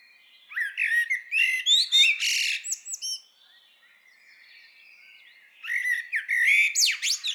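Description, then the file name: Common blackbird singing mixed warbled notes with rising and falling slurs and high twitters, a silent gap of about two seconds, then a second busy phrase. "Turdus merula"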